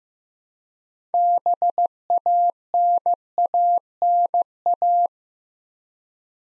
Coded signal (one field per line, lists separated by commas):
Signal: Morse code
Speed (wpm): 15 wpm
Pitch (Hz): 700 Hz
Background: none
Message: BANANA